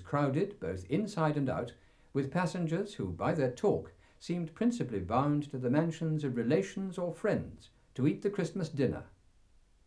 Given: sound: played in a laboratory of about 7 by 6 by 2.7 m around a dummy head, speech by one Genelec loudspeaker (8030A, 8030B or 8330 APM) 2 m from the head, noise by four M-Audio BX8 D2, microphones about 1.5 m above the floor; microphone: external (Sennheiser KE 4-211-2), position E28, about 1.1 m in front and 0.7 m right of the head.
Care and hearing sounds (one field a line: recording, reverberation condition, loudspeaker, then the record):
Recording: male speech in English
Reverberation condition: low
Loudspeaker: 60 degrees to the right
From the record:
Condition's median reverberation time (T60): about 310 ms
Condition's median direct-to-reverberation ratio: about 3.5 dB